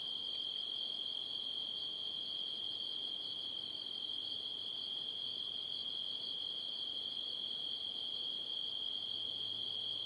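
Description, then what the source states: Cricket trilling in a constant high-pitched drone, rapid pulses blending into one sustained tone without pause. At night.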